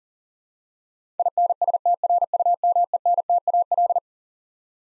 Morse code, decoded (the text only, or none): INSTRUMENTAL